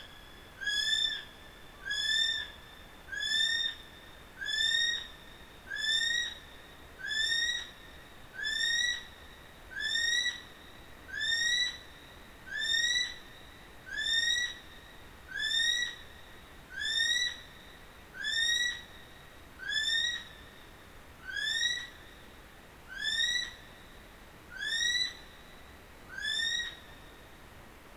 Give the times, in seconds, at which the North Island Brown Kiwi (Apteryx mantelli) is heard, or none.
0.00-27.28